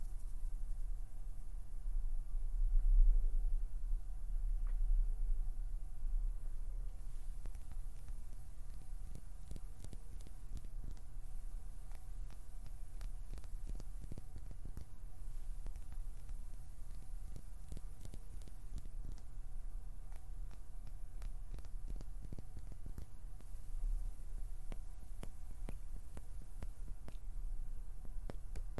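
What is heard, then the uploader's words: Quiet hand sounds, soft plucking and pinching with light finger fluttering, come as scattered short ticks and brushes throughout, busier after about seven seconds. A steady low hum sits underneath, with a slightly louder rustle near three seconds. No voice is heard. PLUCKING, PINCHING, FINGER FLUTTERING, PERSONAL ATTENTION - NO TALKING.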